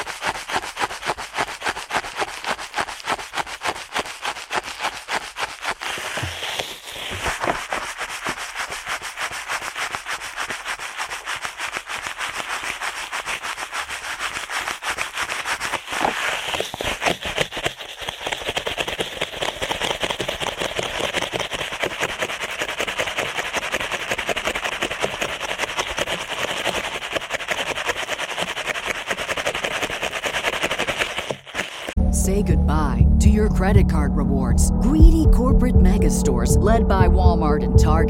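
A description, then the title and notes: Ear cleaning at a frantic pace: a dense, rapid scratching and rubbing runs nonstop for about thirty seconds, bright and gritty with tiny fast pulses. Around 32 seconds it cuts abruptly to louder, low, chopping thumps with a buzzy, rumbling undertone. ASMR Ear Cleaning at Helicopter Speed.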